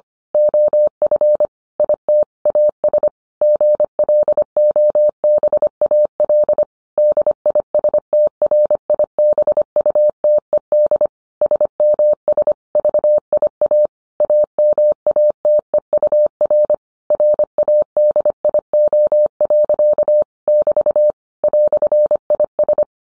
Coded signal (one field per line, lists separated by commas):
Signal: Morse code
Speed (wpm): 25 wpm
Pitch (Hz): 600 Hz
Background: none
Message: OF IT AS GLOBAL DISTRIBUTED SMS VIA AMATEUR RADIO. <BT> "IS